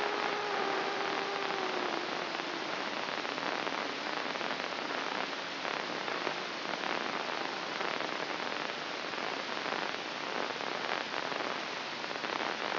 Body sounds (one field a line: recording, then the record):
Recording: brain microelectrode recording played as sound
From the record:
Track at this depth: inside the subthalamic nucleus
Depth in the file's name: 2.534 mm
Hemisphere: left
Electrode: 3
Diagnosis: Parkinson's disease